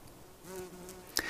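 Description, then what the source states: Bee buzzing as a low, steady hum with a faint harmonic drone, joined near the end by a sharp click and a thin higher tone. Bees in a beehive.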